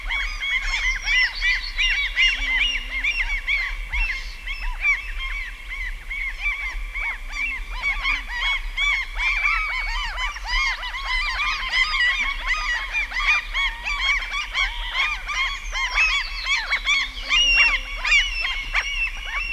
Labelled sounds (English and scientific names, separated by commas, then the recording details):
Common Gull (Larus canus) call
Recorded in the wild
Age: adult
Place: Halbinsel Kindo, Karelien, RU
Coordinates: 66.5356, 33.0611
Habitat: upland moor
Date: 1994-06-24
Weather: cloudy, 15°C
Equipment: Sony TCD-D3, Sennheiser ME 80, K 30 AV (I), Windschutz
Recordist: Frommolt, Karl-Heinz